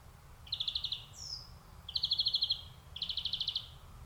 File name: Chloris chloris